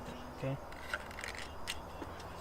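Someone talks while handling ignition coil packs on an Mk6 GLI, getting ready to push them back down into the cylinder head's spark plug wells over the spark plugs. Light taps and rattles are heard near 0.9, 1.2 and 1.7 seconds. No coil pack has seated or clicked home yet.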